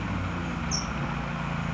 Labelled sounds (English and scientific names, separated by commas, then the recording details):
California Towhee (Melozone crissalis)
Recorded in Sonoma County, California